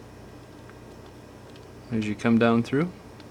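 The plastic midframe of a Galaxy Note 3 is pressed down along the sides of the phone body so its clips snap in, with faint sharp ticks near 0.7 and 3.2 seconds over quiet background noise. Someone talks briefly in the middle. The clip ends before the part goes home, and nothing has seated yet.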